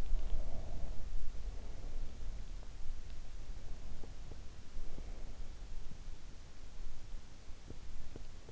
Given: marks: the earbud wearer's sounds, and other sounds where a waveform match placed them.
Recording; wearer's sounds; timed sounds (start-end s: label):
sounds in sleep by an in-ear microphone; breath, teeth grinding
0.00-2.51 s: breath
3.90-5.87 s: breath
7.20-8.33 s: teeth grinding